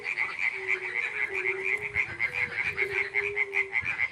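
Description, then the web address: Frogs croaking, quick pulses in a constant chorus, with several longer low notes beneath. Frogs at a pond in spring. "zvuki zhivoy prirody vesenniy prud kvakushki i ptitsa gamayun"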